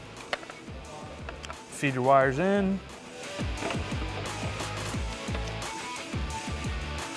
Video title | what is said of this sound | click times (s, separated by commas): Jeep Wrangler JK Axial LED Tail Lights w/ Gloss Black Housings (2007-2018) Review & Install | Make sure you hear that click. | 0.3 s